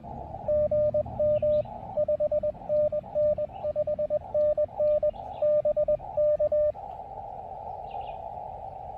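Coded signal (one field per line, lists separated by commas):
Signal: Morse code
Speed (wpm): 20 wpm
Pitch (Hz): 590 Hz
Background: radio noise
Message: GM 5NN 5NN BK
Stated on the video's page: QRP CW park activation (POTA) on 20 meters with a field radio during a road trip stop.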